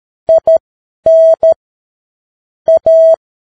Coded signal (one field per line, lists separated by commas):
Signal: Morse code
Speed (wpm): 13 wpm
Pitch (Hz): 650 Hz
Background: none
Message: IN A